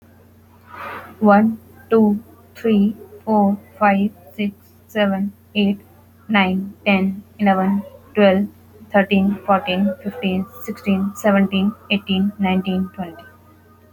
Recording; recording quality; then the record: counting at a normal pace; excellent, no background noise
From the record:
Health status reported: healthy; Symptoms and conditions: fever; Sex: female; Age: 27 years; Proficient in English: yes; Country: India